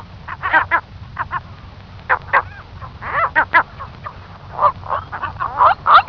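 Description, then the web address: Saunders's gull calls: quick, squealing and cackling notes, uneven in rhythm, against a low rumbling background. "larus saundersi"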